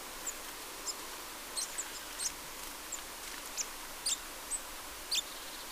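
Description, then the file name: Eurasian blue tit uttering a series of high, thin, sharp call notes at irregular spacing, against a soft hiss. "Cyanistes caeruleus"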